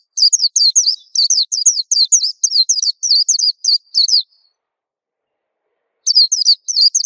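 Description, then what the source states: White-eye song, a rapid run of high, thin twittering chirps for about four seconds, a pause, then the twittering resumes. Kicau pleci song, described as melodious and long.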